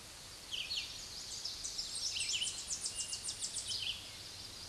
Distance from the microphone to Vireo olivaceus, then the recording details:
about 30 m. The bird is about 20 m above the microphone. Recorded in a Pennsylvania forest on 16 May 2024 at 06:41. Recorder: AudioMoth, point MSD-2208. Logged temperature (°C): 15.2 °C. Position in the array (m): 165 m, 73 m